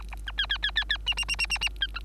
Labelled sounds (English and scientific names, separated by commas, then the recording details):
Bengalese Finch (Lonchura striata domestica) song
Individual Bird3